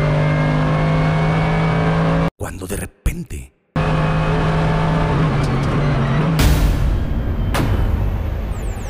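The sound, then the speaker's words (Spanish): An eight-cylinder Mercedes sports car engine with six gears hums steadily, cuts out briefly, then surges into a loud, rising full-throttle roar as it leaves a curve onto the straight. A voice speaks briefly over the engine. “La vemos salir de la curva y tomar la recta hacia nosotros. Acelerando a tope.”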